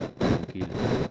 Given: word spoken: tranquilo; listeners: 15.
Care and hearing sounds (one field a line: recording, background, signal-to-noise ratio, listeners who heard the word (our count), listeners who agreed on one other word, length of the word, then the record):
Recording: one Spanish word in noise, from a listening test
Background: noise modulated by one talker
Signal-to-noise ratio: -10.8 dB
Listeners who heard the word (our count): 4 of 15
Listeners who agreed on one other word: 7 of 15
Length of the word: 0.71 s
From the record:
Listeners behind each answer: 7, 4, 1, 1, 1, 1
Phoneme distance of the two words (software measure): 10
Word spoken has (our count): 3 syllables, 8 phonemes, stress on syllable 2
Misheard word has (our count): 3 syllables, 8 phonemes, stress on syllable 2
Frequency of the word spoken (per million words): 30.02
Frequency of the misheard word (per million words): 19.08